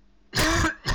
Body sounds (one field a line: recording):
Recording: coughing mixed with background sound